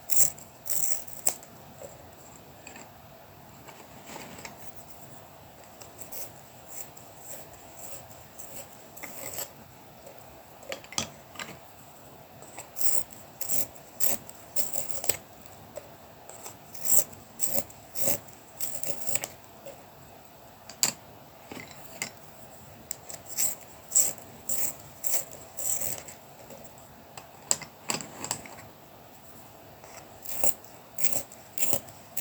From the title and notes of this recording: Honing the tools of creativity, sharpening colour pencils before embarking on straight stripes - soothing sounds of colouring pencil work and paper massage for mindfulness, quiet reflection and possibly the unique sensation of ASMR.